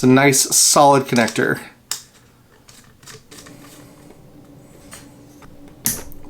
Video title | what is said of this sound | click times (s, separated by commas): Stellan Gios Legacy Lightsaber (General Release) | it's a very satisfying snap | 1.9 s, 5.9 s